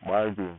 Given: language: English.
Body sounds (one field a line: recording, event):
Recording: throat vibration sensor signal played as sound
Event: speech